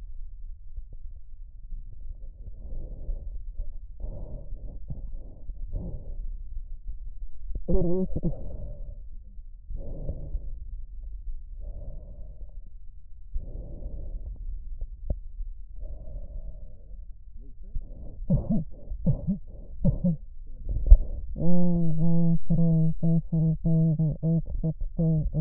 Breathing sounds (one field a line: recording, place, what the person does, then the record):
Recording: lung sounds by stethoscope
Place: right posterior apical chest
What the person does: quiet breathing, then cough and speech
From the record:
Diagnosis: interstitial lung disease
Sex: female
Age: 72 years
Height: 158 cm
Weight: 69 kg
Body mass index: 27.6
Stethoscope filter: extended mode